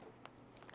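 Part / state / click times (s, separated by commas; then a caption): new headband pad into aviation headset band slots / not seated / none. A new headband pad is handled and lined up with the slots of an upside-down Lightspeed Delta Zulu aviation headset band, with a few faint, brief ticks around 0.2, 0.7 and 0.7 seconds over quiet background. Nothing has seated or clicked into place yet.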